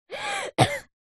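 A single short cough from a 9-year-old boy. A drawn, voiced in-breath with rising pitch comes first, then one abrupt, explosive burst that fades within about a third of a second. A plain child's cough.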